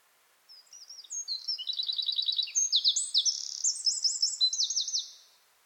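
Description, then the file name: Eurasian wren song: a loud, high outpouring of sharp notes and fast buzzy trills lasting about five seconds, rising in intensity before stopping abruptly; otherwise quiet. "Troglodytes troglodytes"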